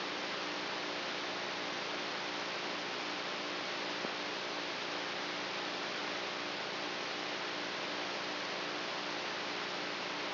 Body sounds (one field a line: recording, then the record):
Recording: brain microelectrode recording played as sound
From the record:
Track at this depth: outside the subthalamic nucleus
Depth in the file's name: 0.607 mm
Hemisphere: right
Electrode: 3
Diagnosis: Parkinson's disease